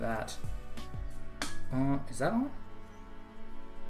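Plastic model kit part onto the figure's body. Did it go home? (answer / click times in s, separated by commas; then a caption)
no / none. A builder pops a plastic model-kit part onto the body of an action figure while someone talks over background music. The part goes on with no snap, and nothing has clicked into place yet, leaving him unsure whether it is really on.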